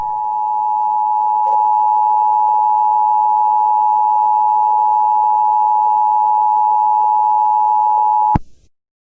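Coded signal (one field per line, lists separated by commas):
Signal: Emergency Alert System (SAME) tones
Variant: 853 and 960 Hz attention tone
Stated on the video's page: Weather radio EAS alerts relayed through online radio, main source on 162.475 MHz.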